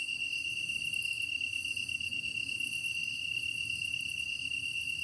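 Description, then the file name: Kantan tree cricket singing a steady, unbroken high trill, with fainter rhythmic chirping higher above it. Recorded on 23 August 2010 at 21:22. "kantan-20100823-2122"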